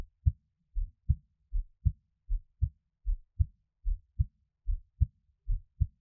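Steady paired lub-dub heart sounds, about 76 beats a minute, regular rhythm: a normal adult heartbeat.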